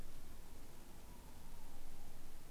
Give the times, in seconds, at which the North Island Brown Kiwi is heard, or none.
none